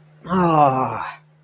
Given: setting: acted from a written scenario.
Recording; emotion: vocal sound without words; embarrassment